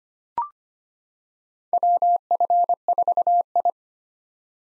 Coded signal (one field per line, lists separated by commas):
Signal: Morse code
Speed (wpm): 25 wpm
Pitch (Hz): 700 Hz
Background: none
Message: WF4I